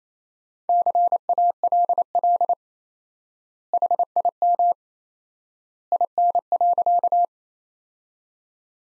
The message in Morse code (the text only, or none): CALL HIM IN.